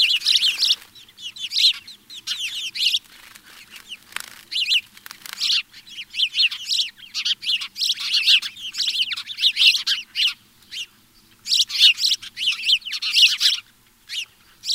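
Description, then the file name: House sparrow calls: continuous busy chatter of sharp, repeated chirps, swelling and easing in bursts across the whole stretch, with hardly any silence between phrases. "Passer domesticus"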